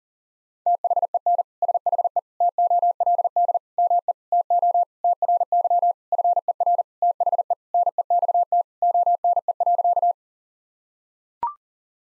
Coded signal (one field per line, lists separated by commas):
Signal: Morse code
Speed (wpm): 40 wpm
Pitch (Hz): 700 Hz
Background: none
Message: THEN SHE TOLD ME TO TRY FER THE NEXT ONE.